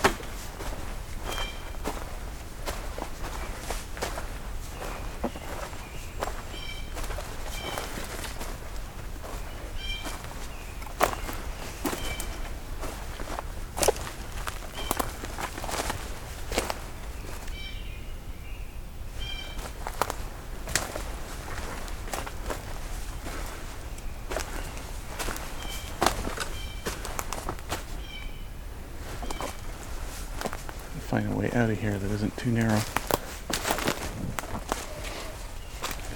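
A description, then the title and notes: Footsteps crunch steadily along a trail on a hike toward a crossroads of trails, the crisp strides repeating at a walking pace throughout. Short chirping bird calls recur in the background, and around the thirty-second mark a brief wavering voice-like sound rises over the steps. I’m continuing my hike from Pine Tree Harbour towards the crossroads of trails I’m calling Kinglet Junction.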